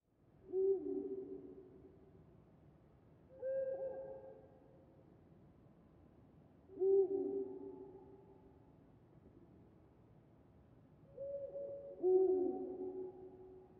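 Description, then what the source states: Eurasian eagle-owl giving several low hoots at slow, uneven intervals over a quiet night background. At night in a forest.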